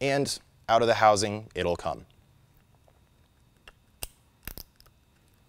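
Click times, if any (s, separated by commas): 4.0 s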